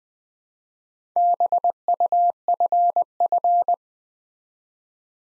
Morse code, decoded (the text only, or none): BUFF